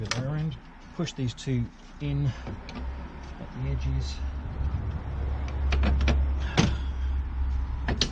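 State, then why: Seated. A radiator fan shroud is pushed in at both edges and pressed down onto its plastic clips while someone talks. Sharp clicks come near the end, and the clips snap home at 8.0 s, seating the shroud and finishing the job.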